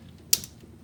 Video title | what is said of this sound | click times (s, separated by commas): Unleash Your GR Corolla with this DIY Radium Oil Catch Can Installation! | heard the click so that's what you want | 0.3 s